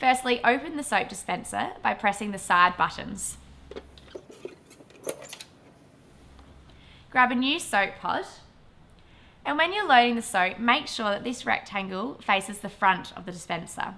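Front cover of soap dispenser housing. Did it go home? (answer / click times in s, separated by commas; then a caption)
released / 5.1 s. Someone talks while pressing the side buttons on a plastic soap dispenser to release its front cover. A sharp click at 5.1 seconds marks the cover unlatching and opening. The talking then continues.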